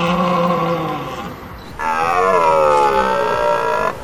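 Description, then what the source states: Red deer stag bellowing: a loud, rich, drawn-out roar with a deep tone that breaks and swells midway, then holds strongly before ending abruptly. Stag's rutting bellow (also called raire), early September to mid-October, Loire-Atlantique, France, mainly forêt du Gâvre; powerful throat sound, often at night, showing strength to rival stags; stags weigh 150–180 kg.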